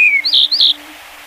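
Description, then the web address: Yellow-breasted bunting song fragment: a high descending whistle followed by two bright slurred notes, all within under a second, over a faint steady low hum. "sikioto. shimaaozi"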